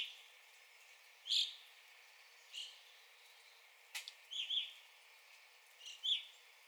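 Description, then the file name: Evening grosbeak chirps: a few clear single notes and a quick cluster in the second half, with soft background hiss and a brief click. Recorded 9 April 2021. "2021-04-09 Evening Grosbeak"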